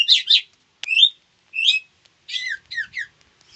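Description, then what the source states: White-rumped shama giving short whistled and chattering notes in several quick bursts, some slurred, in a quiet background. Female.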